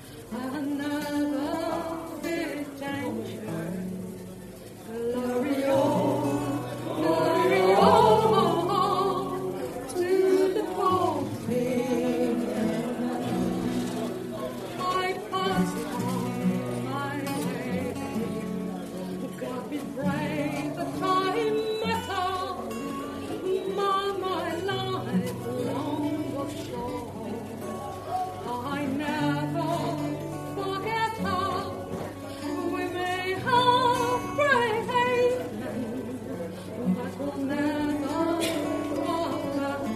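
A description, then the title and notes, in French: A lively bar, filled with music whose melody and steady low bass run throughout, mixed with voices. The level stays fairly constant and dense, dipping briefly around five seconds and swelling slightly near eight and thirty-five seconds. Kerry's bar a théme une chouette ambiance dans ce bar !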